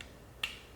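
A small hooked tool set between the plastic nock and the metal piece pulls a lighted arrow nock in an arrow shaft upward to switch it off. A sharp, bright click at 0.4 s marks it moving out to the off position, released, after a faint tick at the very start.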